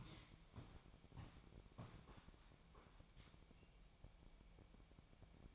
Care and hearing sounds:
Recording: daily activity, microphone in the room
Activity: walk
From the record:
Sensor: 1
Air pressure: 1012.2 hPa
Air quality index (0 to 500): 180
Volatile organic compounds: 3 ppm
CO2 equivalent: 1476 ppm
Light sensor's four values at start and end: 47/129/52/65 and 52/140/57/72

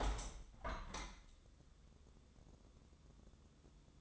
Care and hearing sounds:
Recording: daily activity, microphone in the room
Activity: open window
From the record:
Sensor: 3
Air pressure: 1015.0 hPa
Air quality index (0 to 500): 69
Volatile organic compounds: 1 ppm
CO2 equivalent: 927 ppm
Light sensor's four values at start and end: 9/22/9/9 and 10/23/9/9

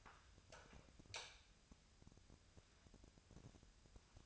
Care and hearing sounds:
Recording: daily activity, microphone in the room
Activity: light on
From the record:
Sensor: 2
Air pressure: 999.9 hPa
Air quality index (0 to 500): 116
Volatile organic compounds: 2 ppm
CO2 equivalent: 1003 ppm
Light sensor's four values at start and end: 32/79/34/38 and 36/95/40/44

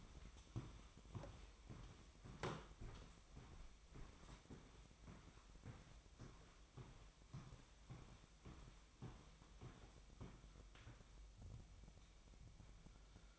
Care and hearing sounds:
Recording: daily activity, microphone in the room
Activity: walk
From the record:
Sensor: 1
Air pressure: 1001.6 hPa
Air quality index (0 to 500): 222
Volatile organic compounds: 30 ppm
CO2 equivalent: 2962 ppm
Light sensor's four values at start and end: 9/31/11/13 and 9/31/11/12

